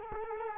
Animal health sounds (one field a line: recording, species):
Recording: mosquito wingbeat signal from an infrared sensor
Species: Culex quinquefasciatus